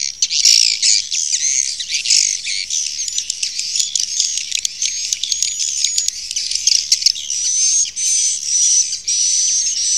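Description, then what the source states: Swiftlet twittering, rapid high clicks and chirps in an unbroken stream, with thin whistled notes sliding through now and then. Used in swiftlet farming in Asia.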